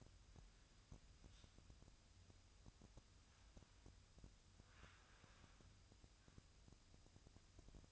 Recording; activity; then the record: daily activity, microphone in the room; wipe stove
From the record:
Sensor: 2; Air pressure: 1004.7 hPa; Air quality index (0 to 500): 79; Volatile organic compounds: 1 ppm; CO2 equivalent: 943 ppm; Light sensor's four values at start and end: 7/16/6/6 and 7/16/6/6